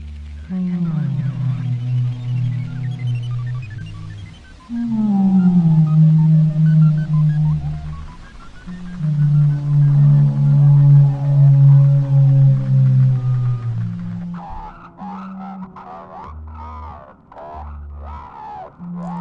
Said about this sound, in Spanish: Hay una ballena que no puede escuchar la llamada de las demás ni ser escuchada. No puede comunicarse con otras ballenas porque emite su canto en 52 hercios, una frecuencia que las otras ballenas simplemente no pueden escuchar.